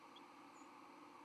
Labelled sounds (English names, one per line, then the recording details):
White-throated Sparrow flight call
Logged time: 08:26 on 31 October 2014